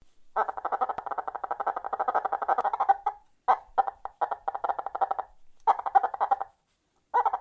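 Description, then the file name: Chicken: hen clucking in fast, rattling bursts of short notes, several runs broken by brief silences. "poule"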